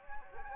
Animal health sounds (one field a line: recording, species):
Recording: mosquito wingbeat signal from an infrared sensor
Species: Anopheles gambiae